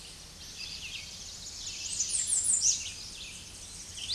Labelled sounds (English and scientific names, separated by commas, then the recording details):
American Redstart (Setophaga ruticilla) song
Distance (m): 15 m
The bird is about 15 m above the microphone
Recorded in a Pennsylvania forest on 16 May 2024 at 07:46
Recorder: AudioMoth, point MSD-2112
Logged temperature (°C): 16.3 °C
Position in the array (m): 59 m, 213 m